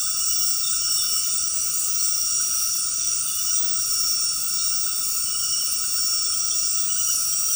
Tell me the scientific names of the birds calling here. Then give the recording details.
none. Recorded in secondary vegetation near Puerto Asís, Putumayo, Colombia, on 19 February 2024 at 20:00. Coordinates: 0.468, -76.324. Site G6381